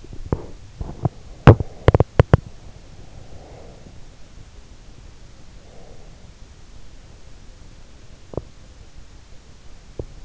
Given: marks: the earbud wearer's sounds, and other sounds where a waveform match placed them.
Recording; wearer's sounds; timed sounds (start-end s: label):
sounds in sleep by an in-ear microphone; teeth grinding, breath
0.00-2.68 s: teeth grinding
3.11-4.37 s: breath
5.46-6.37 s: breath
8.29-8.64 s: teeth grinding
9.76-10.25 s: teeth grinding